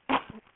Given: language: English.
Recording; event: throat vibration sensor signal played as sound; cough